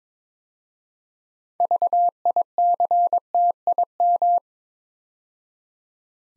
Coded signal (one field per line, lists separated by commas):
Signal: Morse code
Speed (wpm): 22 wpm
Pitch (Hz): 700 Hz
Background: none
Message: VICTIM